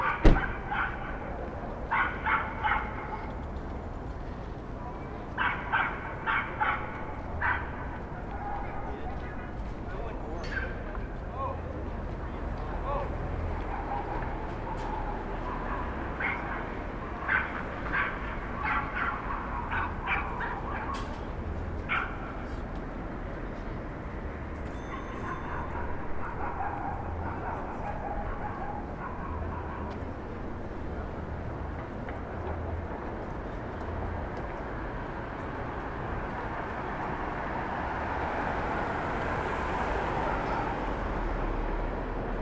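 Street sound from a Brooklyn rooftop: a steady low traffic rumble, with scattered voices and short bursts, maybe dog barks, mostly in the first half.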